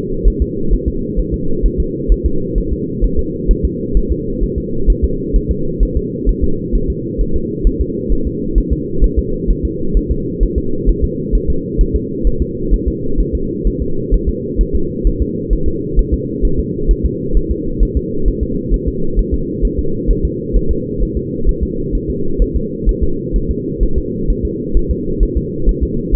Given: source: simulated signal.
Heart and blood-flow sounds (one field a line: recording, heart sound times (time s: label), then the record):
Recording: fetal heart sounds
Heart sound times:
0.28 s: S1
0.42 s: S2
0.73 s: S1
0.88 s: S2
1.19 s: S1
1.34 s: S2
1.66 s: S1
1.80 s: S2
2.12 s: S1
2.26 s: S2
2.58 s: S1
2.73 s: S2
3.04 s: S1
3.19 s: S2
3.51 s: S1
3.65 s: S2
3.97 s: S1
4.12 s: S2
4.43 s: S1
4.58 s: S2
4.90 s: S1
5.04 s: S2
5.36 s: S1
5.51 s: S2
5.83 s: S1
5.97 s: S2
6.29 s: S1
6.44 s: S2
6.75 s: S1
6.90 s: S2
7.21 s: S1
7.36 s: S2
7.67 s: S1
7.81 s: S2
8.12 s: S1
8.27 s: S2
8.58 s: S1
8.73 s: S2
9.04 s: S1
9.19 s: S2
9.50 s: S1
9.65 s: S2
9.97 s: S1
10.11 s: S2
10.43 s: S1
10.58 s: S2
10.89 s: S1
11.04 s: S2
11.35 s: S1
11.50 s: S2
11.81 s: S1
11.96 s: S2
12.27 s: S1
12.42 s: S2
12.74 s: S1
12.88 s: S2
13.20 s: S1
13.35 s: S2
13.67 s: S1
13.82 s: S2
14.14 s: S1
14.29 s: S2
14.61 s: S1
14.75 s: S2
15.07 s: S1
15.22 s: S2
15.53 s: S1
15.68 s: S2
15.99 s: S1
16.14 s: S2
16.45 s: S1
16.60 s: S2
16.91 s: S1
17.05 s: S2
17.37 s: S1
17.51 s: S2
17.83 s: S1
17.97 s: S2
18.28 s: S1
18.43 s: S2
18.74 s: S1
18.88 s: S2
19.19 s: S1
19.34 s: S2
19.65 s: S1
19.79 s: S2
20.11 s: S1
20.25 s: S2
20.57 s: S1
20.71 s: S2
21.03 s: S1
21.17 s: S2
21.49 s: S1
21.63 s: S2
21.95 s: S1
22.10 s: S2
22.42 s: S1
22.56 s: S2
22.89 s: S1
23.03 s: S2
23.36 s: S1
23.51 s: S2
23.83 s: S1
23.98 s: S2
24.30 s: S1
24.45 s: S2
24.77 s: S1
24.91 s: S2
25.23 s: S1
25.37 s: S2
25.69 s: S1
25.83 s: S2
26.15 s: S1
From the record:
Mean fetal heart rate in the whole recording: 130 bpm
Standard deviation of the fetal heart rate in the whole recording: 2 bpm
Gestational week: 36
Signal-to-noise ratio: -8.1 dB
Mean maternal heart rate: 72 bpm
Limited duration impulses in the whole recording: absent